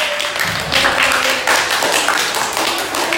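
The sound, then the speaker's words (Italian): A school class of children applauds two classmates together, a loud, steady wash of many hands clapping that holds without pause for a few seconds, with no voices on top. “Ok, e vi siete prese un applauso per la vostra timidezza, perché la timidezza è parte di voi ed è siete fantastiche.”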